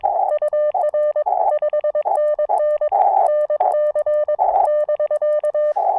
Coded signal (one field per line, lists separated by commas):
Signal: Morse code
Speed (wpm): 21 wpm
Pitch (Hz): 600 Hz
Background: none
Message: UR 5NN NC <BK>